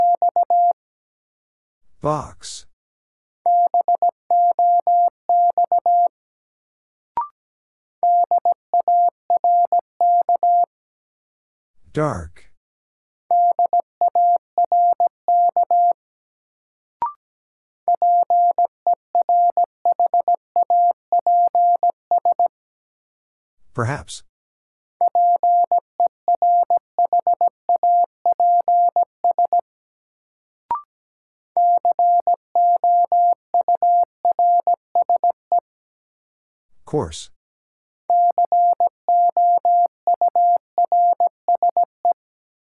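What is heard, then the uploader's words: Morse code beeps in a single steady mid-pitched tone, sent in quick bursts of dots and dashes grouped into runs of a few seconds with short gaps between. Sharp clicks or pops break in around every ten to twelve seconds, and faint ticks fall in some gaps. Sentences from Top 500 Words - New Word Drill - 17wpm. First, the word is sent in Morse code. Then it is spoken.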